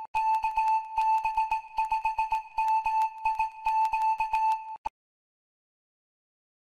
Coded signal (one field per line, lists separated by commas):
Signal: Morse code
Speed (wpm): 19 wpm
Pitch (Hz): 880 Hz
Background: music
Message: KB5MIQ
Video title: Review of MFJ 4421 Digital snap in volt meter, MFJ 904H travel tuner. #hamradio #mfj #mtc